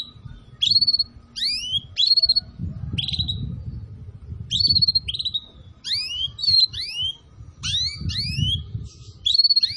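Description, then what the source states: Atlantic canary giving repeated upslurred whistles and short trilled notes in bursts, with a steady low rumbling noise underneath. Canary, called kenari, recording used as a lure for bird-trapping (pikat).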